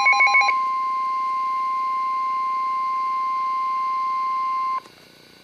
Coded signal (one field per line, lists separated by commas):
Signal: Emergency Alert System (SAME) tones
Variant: 1050 Hz attention tone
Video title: EAS #55 - Special Marine Warning